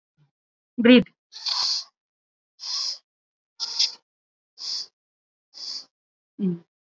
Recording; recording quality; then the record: shallow breathing; excellent, no background noise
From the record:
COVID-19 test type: RT-PCR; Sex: female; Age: 61 years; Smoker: no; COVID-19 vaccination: both doses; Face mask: worn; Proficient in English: yes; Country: India